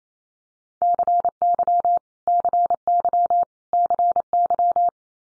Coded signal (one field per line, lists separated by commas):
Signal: Morse code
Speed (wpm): 28 wpm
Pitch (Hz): 700 Hz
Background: none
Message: CY CY CY